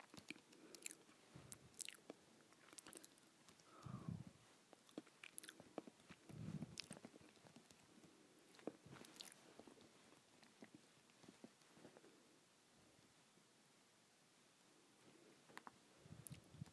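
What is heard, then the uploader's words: Someone eats crackers, with sharp crunchy bites and rustling chews arriving irregularly, several per second at the busiest points. Heavier, deeper bites land around 4 and 6.5 seconds. Activity thins out from about 12 to 15 seconds before the crunching picks up again at the end. ASMR Eating Crackers.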